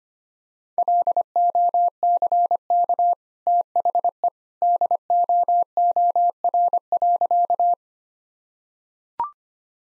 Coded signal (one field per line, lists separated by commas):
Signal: Morse code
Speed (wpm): 25 wpm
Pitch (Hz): 700 Hz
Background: none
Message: LOCK THE DOOR.